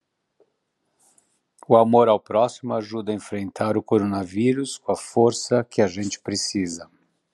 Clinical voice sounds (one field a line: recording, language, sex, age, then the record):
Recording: spoken sentence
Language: Brazilian Portuguese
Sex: male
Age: 60 to 69 years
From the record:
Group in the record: control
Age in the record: 64 years